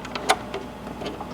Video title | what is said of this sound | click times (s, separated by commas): Video Wall Part 2 Setting Up PANELS | Now it's locked into place. | 0.3 s